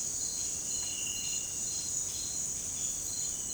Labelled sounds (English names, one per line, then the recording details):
none
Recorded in dense forest near Puerto Asís, Putumayo, Colombia, on 8 March 2025 at 17:30
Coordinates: 0.486, -76.317
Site G053